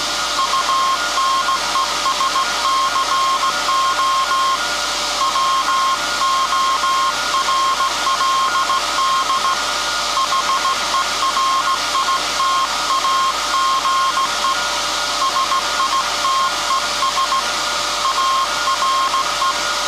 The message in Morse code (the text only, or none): UNESCO WORLD HERITAGE SITES ARE